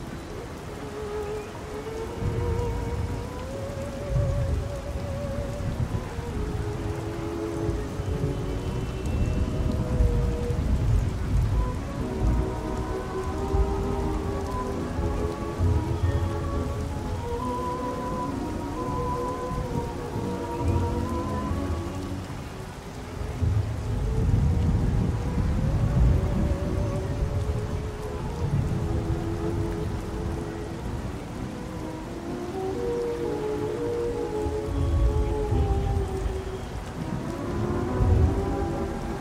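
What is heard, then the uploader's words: Old-time music plays muffled from another room, its melody drifting steadily through a constant wash of traffic outside an open window. Deep rumbling swells of passing vehicles rise and fall, loudest around ten, twenty-five and thirty-seven seconds, with a hiss throughout. A Perfect Parisian Night (Music Playing With Traffic Noises). Oldies In Another Room While Traffic Noises Play Out The Open Window.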